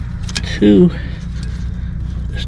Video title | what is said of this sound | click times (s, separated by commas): 2011-2020 Dodge Grand Caravan Engine Oil Pressure Switch Replacement | when that's clicked back in this is a little red lock tab push it in and there's | 0.4 s